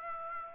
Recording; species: mosquito wingbeat signal from an infrared sensor; Aedes aegypti